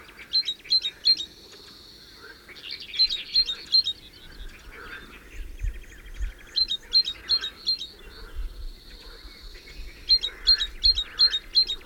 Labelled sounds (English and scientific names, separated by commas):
Great Tit (Parus major) song